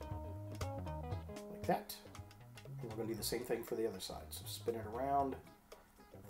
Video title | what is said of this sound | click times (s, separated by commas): 🔥How to Transform Perceptor - Transformers Studio Series 86 | it's going to snap into place like | 0.6 s